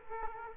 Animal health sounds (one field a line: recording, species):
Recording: mosquito wingbeat signal from an infrared sensor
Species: Culex quinquefasciatus